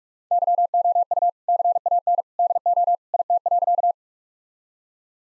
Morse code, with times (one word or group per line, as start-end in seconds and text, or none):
0.3-1.3 YOU
1.5-2.2 CAN
2.4-3.0 DO
3.1-3.9 IT.